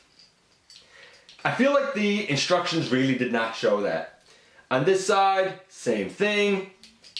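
Someone talks while handling a transforming toy figure, pushing its thin plastic leg armature over into position behind the tread on the second side. Faint handling noises sit under the speech, with a sharp tick at the very end. The armature has not clicked into place yet.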